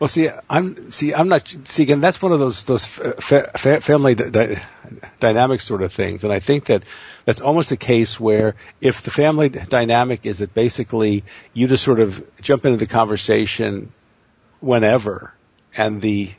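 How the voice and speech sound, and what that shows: Adult man speaking with word and sound repetitions, a stretched 'f' and silent blocks: stuttered speech.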